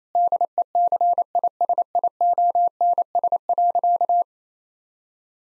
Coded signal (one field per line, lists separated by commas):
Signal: Morse code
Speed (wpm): 27 wpm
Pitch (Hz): 700 Hz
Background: none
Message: DECISIONS.